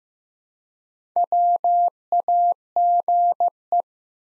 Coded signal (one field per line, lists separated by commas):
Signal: Morse code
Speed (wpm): 15 wpm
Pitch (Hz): 700 Hz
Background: none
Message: WAGE